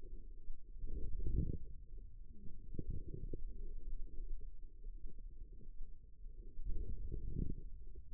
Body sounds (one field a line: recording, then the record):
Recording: forearm muscle sounds (acoustic myography)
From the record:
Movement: wrist flexion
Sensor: system 2, bracelet of six BSWA MPA416 microphones around the upper forearm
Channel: 3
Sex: female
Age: 25 years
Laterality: right